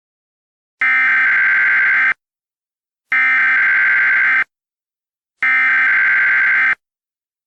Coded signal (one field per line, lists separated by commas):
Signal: Emergency Alert System (SAME) tones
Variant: header bursts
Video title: EAS Scenario: The Savior